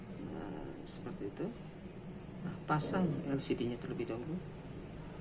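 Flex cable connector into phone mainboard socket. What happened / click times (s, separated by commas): The connector is handled but not yet seated; no click / none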